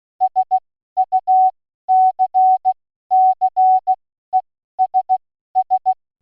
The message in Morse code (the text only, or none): SUCCESS